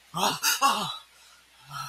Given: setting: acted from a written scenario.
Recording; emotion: vocal sound without words; fear